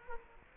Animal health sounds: mosquito wingbeat signal from an infrared sensor; Culex quinquefasciatus

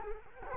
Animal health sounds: mosquito wingbeat signal from an infrared sensor; Culex quinquefasciatus

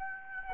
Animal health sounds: mosquito wingbeat signal from an infrared sensor; Aedes aegypti

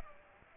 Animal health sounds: mosquito wingbeat signal from an infrared sensor; Aedes aegypti

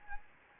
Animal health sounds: mosquito wingbeat signal from an infrared sensor; Anopheles gambiae

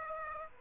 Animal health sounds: mosquito wingbeat signal from an infrared sensor; Aedes aegypti

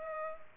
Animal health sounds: mosquito wingbeat signal from an infrared sensor; Culex pipiens

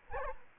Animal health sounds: mosquito wingbeat signal from an infrared sensor; Anopheles arabiensis

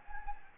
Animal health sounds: mosquito wingbeat signal from an infrared sensor; Anopheles gambiae

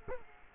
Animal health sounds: mosquito wingbeat signal from an infrared sensor; Culex quinquefasciatus

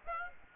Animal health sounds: mosquito wingbeat signal from an infrared sensor; Aedes aegypti

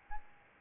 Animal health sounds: mosquito wingbeat signal from an infrared sensor; Aedes albopictus

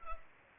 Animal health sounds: mosquito wingbeat signal from an infrared sensor; Culex pipiens

